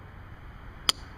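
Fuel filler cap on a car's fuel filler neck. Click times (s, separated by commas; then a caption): 0.9 s. A new fuel filler cap is screwed onto the filler neck of a Honda Accord with 305,000 miles and turned until its ratchet clicks, as a fix for check-engine trouble codes P1259, P1491, P1456 and P0420. Over a quiet, low background hum, one sharp ratchet click sounds at 0.9 s, showing the cap has tightened.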